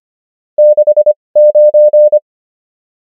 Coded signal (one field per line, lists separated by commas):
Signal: Morse code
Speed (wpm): 25 wpm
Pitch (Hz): 600 Hz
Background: none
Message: 69